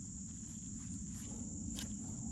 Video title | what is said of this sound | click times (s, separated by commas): Engine Misfire Cylinder 1 [P0301]: Easy Fix That Anyone Could Do At Home | So you hear the click. | 1.8 s